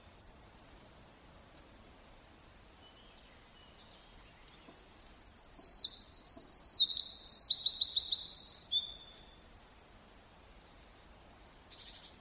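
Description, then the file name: Eurasian wren song: a single high chirp, then a loud, rapid, tumbling burst of shrill trills lasting about four seconds, with a few faint high notes afterwards. "Troglodytes troglodytes"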